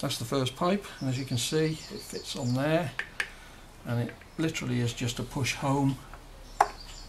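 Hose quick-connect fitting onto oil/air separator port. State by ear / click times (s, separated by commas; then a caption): not seated / none. Someone talks while holding a greased breather hose quick-connect fitting up to its spigot on the oil/air separator port of a Ford oil/air separator being fitted to a UK Mustang GT. The fitting is handled and lined up, with a brief sharp sound near the end. Nothing has seated or clicked yet.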